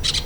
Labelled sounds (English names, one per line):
Brown-throated Parakeet contact call